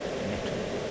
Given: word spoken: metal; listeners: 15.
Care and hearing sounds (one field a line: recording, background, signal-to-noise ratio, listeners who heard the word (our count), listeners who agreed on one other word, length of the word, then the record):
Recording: one English word in noise, from a listening test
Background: speech-shaped noise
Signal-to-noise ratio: -5.2 dB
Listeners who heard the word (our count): 2 of 15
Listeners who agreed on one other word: 6 of 15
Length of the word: 0.51 s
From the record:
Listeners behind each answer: 6, 2, 2, 1, 1, 1, 1, 1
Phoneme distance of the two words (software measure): 10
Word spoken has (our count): 2 syllables, 4 phonemes, stress on syllable 1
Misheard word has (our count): 2 syllables, 4 phonemes, stress on syllable 1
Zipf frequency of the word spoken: 4.63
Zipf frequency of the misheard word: 3.08